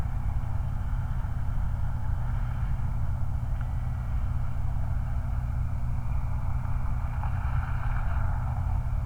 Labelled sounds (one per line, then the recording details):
vehicle
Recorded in the Prudhoe Bay oil fields, Alaska, on 29 July 2019
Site 29